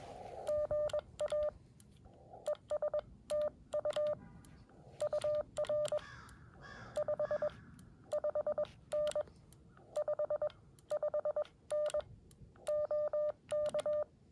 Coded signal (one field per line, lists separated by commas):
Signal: Morse code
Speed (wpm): 20 wpm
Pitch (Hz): 600 Hz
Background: none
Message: GA ES TU UR 55N 55N OK